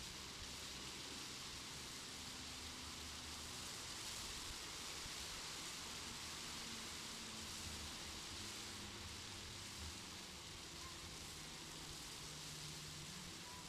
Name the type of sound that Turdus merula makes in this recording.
song